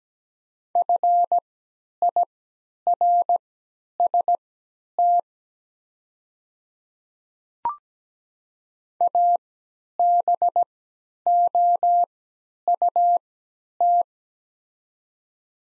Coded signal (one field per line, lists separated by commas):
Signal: Morse code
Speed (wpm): 17 wpm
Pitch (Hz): 700 Hz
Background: none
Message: FIRST ABOUT